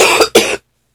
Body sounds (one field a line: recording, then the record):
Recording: coughing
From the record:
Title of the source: 61 morning phlegmy cough...again